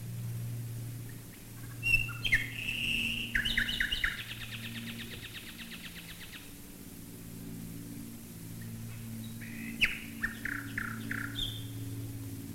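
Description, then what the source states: Common nightingale singing chattering bursts and rapid repeated notes in two phrases, over a low engine drone. Nightingales singing while bombers fly overhead, 1942.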